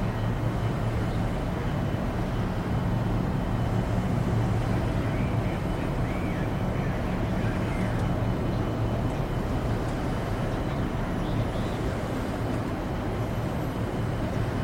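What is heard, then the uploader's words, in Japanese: A shuttle's steady, dense hum fills the clip, with a low rumble and drone that holds an even level throughout. Faint, soft beeping tones come through above it now and then, mostly in the middle stretch and again near the end. NASAの宇宙シャトル内で最も穏やかで雰囲気のある音をお届けします。このエピソードでは、シャトルの繊細なブーンと柔らかなビープ音を体験できます。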